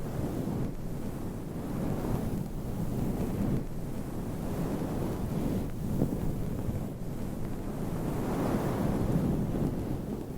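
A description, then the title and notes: Continuous scratching and rubbing on a microphone cover, heard as a thick, low, whooshing rustle much like wind buffeting. The sound never stops, swelling slightly around two, six and nine seconds, with a dense scrape that stays mostly dull rather than bright. ASMR Mic Scratching Battle with 100 Different MICS ! Bare VS Foam VS Fluffy Covers No Talking.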